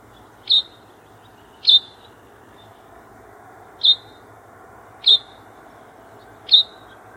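White wagtail giving short, sharp high chips, five in about seven seconds at uneven intervals, over a steady low rumble of background noise.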